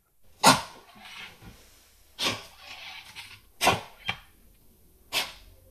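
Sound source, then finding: Dog. Tracheitis cough.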